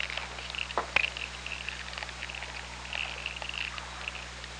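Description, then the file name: Killer whale calls: many short tonal squeaks and pulsed sounds in a busy cluster throughout, with one louder burst near the first second, over constant low electrical hum. OrcaLab hydrophone, 24 August 2017, 04:46. "Orca Lab UTLN JASON 20170824 044641"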